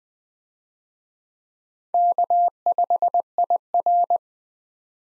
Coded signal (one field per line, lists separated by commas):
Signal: Morse code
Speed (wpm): 20 wpm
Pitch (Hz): 700 Hz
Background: none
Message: K5IR